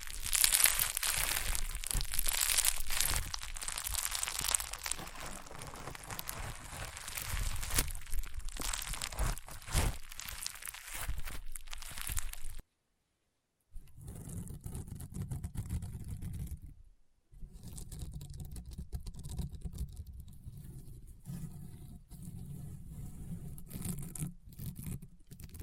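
Rainbow honeycomb slime is pressed and squeezed, making dense, crunchy, crackling pops for the first thirteen seconds. After a brief silence the sound turns softer and lower, a steady squishy rumble with fewer bright crackles, broken by another short gap around seventeen seconds.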